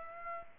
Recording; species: mosquito wingbeat signal from an infrared sensor; Aedes aegypti